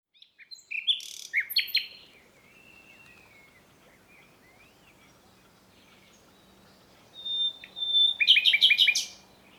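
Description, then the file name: Common nightingale song: sharp opening notes, a quiet spell with soft slurred whistles, then a fast buzzy trill of repeated notes near the end. "Luscinia megarhynchos"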